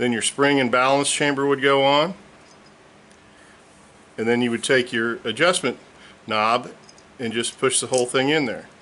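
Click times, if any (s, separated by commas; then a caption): none. Someone talks while handling a Scubapro G250 scuba second stage regulator, getting the adjustment knob assembly with its spring and balance chamber ready to push into the second stage housing. The clip is mostly speech with a quiet pause in between, and the knob has not yet clicked into place or seated.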